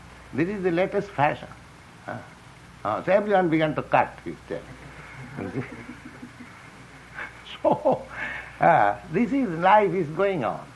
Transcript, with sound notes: "This is the latest fashion." So everyone began to cut his tail. You see? [chuckles] So this is... Life is going on.